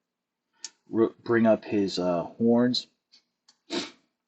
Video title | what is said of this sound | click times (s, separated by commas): Transformers Earthspark Deluxe Class Shockwave | just like so you can then rotate up the backpack that will snap into place right there | 0.6 s